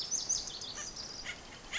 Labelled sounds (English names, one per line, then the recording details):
House Finch
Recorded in Sonoma County, California